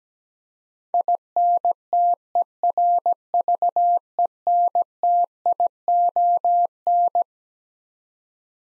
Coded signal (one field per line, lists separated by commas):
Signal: Morse code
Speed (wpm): 17 wpm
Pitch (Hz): 700 Hz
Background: none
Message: INTERVENTION